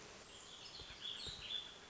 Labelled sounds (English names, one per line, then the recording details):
Warbling Vireo
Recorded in Sonoma County, California